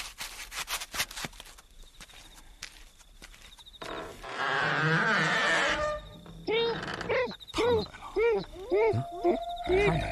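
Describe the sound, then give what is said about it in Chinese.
A wolf growls in a rough, rasping snarl, then breaks into a string of short, pitched whines and yelps that rise and fall, after a few sharp knocks at the start. “盼你来领小狼崽儿的时候你不来，现在来干什么？”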